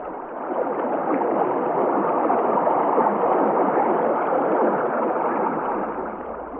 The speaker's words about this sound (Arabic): قد ملأت الجرة فلأجلس قليلا على حافة النهر. ما أجمل منظر المياه وهي تسير في هدوء.